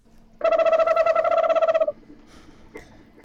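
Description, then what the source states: Eastern screech owl trill: a steady, quavering trill of rapid even pulses lasting about one and a half seconds, then a few faint clicks. Replay of the same recording; called a screech; described as a very effective hunter.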